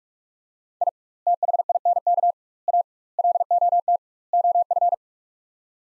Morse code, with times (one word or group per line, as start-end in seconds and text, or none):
0.8-0.9 I
1.3-2.3 THINK
2.7-2.8 A
3.2-4.0 LOT
4.3-4.9 OF